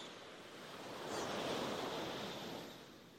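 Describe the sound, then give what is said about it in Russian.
Sea waves wash and splash about 15 metres below a cliff in a broad, hissing roar that swells to a peak midway and then slowly recedes, with no voices present. “Внизу, метрах 15, плескалось море.”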